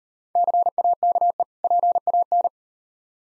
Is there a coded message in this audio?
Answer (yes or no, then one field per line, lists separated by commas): yes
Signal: Morse code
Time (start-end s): 0.4-2.5 s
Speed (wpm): 38 wpm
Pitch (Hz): 700 Hz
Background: none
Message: CAKE PAN